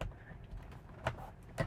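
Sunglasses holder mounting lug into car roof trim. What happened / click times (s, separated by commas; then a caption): The part is being handled and has not yet clipped home / none. The second plastic mounting lug of a sunglasses holder is handled against a car's roof trim, with brief scuffs and two short knocks around 1.1 and 1.6 seconds over a low background rumble. The clip ends before the lug goes home; nothing has seated or clicked yet.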